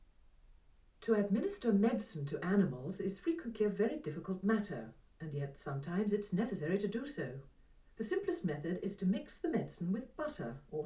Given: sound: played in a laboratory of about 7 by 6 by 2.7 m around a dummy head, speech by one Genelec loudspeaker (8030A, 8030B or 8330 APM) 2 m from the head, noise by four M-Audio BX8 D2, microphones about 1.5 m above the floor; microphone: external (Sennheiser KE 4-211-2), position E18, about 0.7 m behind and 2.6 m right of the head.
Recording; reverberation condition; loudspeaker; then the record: female speech in English; low; 90 degrees to the left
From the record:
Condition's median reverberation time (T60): about 310 ms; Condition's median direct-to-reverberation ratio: about 3.5 dB